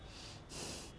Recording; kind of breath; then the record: one breath in and out by a microphone near the nose and mouth; strong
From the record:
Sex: male